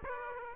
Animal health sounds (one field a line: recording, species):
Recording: mosquito wingbeat signal from an infrared sensor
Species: Aedes aegypti